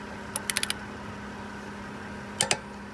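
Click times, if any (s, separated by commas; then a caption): 2.4 s, 2.5 s. A torque wrench is pulled on a wheel lug nut of a Dodge Caravan during a winter-to-summer tire change, with the nuts tightened in a star pattern. A few quick ratchet-like ticks come first, between about 0.4 and 0.7 s, over a steady low hum. Then a sharp double click at 2.4 s and 2.5 s shows the wrench has reached its setting and the lug nut is torqued.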